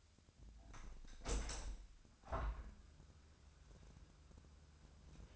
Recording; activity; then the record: daily activity, microphone in the room; open window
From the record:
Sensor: 2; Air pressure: 1006.4 hPa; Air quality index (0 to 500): 194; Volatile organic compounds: 12 ppm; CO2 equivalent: 2358 ppm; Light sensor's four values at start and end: 8/20/8/8 and 9/21/8/9